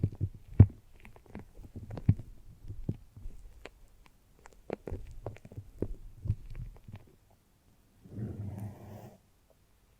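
Foamy, sticky brain massage sounds: soft wet squelches and taps in irregular clusters for about seven seconds, mostly low and muffled with occasional sharper clicks. After a short silence, a denser fizzing, crackling rustle runs from about eight to nine seconds.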